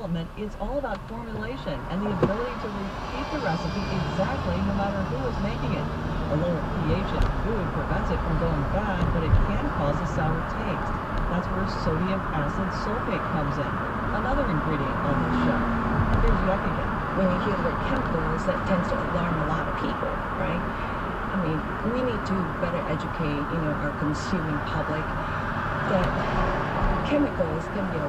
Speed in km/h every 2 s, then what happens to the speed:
0, 0, 24, 31, 34, 34, 37, 40, 42, 40, 37, 31, 24, 11.
0-2 standing. 2-16 pulls away to 42. 19-28 brakes to 11.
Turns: none.